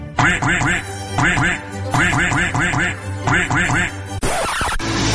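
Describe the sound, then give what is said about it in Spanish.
A voice imitates a duck, the host of the radio show Conspiranoico on CUSEI Network Radio, squawking loud nasal quacks in quick bursts of three or four, repeated several times, then ending with a short rushing whoosh. “Escucha … y a todos sus colaboradores todos los jueves en el programa cultural más inculto de la red, Conspiranoico.”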